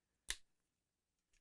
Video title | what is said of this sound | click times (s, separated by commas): Panasonic G95 / G90 (G80/G85) Full Tutorial Training Overview | let's get the lens on there red dot to red dot and I'm gonna rotate until I hear it click | 0.3 s